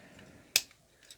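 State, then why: Seated. A plastic bulldozer blade is pushed onto the front of a combining, transforming robot toy and snaps into place with one sharp, bright click at 0.6 s. A few faint ticks and rustles follow, and the blade is seated and locked.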